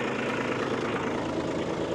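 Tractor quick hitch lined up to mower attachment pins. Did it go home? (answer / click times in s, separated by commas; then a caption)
no / none. A tractor with a Pat's Easy Change quick hitch idles with a steady, low engine rumble as it backs up slowly to line the hitch up with the mower's attachment pins before the arms are raised to latch. Nothing has seated or clicked yet.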